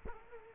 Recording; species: mosquito wingbeat signal from an infrared sensor; Culex quinquefasciatus